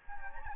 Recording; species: mosquito wingbeat signal from an infrared sensor; Anopheles gambiae